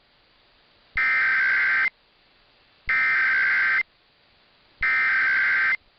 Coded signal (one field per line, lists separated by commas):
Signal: Emergency Alert System (SAME) tones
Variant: header bursts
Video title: KHKA-AM 1500 khz (Hawaii) National EAS/EAN test 10/4/2023